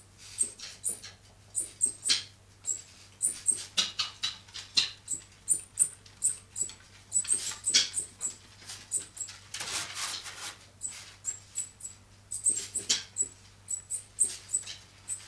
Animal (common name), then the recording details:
South American Coati. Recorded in captivity. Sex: male. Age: adult. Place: Zoo Rostock, Mecklenburg-Vorpommern, DE. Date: 1984-02-04 11:00. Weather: overcast, 3-6°C. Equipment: Nagra SN, Kopie Uher 4000 Report Monitor. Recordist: Tembrock, Günter